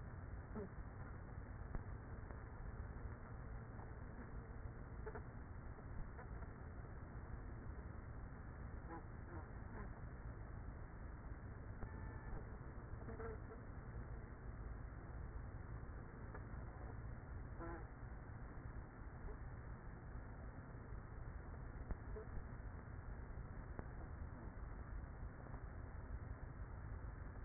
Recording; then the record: honeybee colony, microphone inside the hive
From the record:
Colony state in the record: queenless with a low population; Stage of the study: after two queens were removed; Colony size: about 30,000 bees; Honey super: no